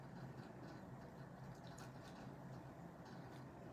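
Two pliers handle a small metal jump ring on a charm necklace, bringing its ends toward each other. Only a steady low hum with a few faint, light metallic ticks is heard. The ring has not clicked closed yet.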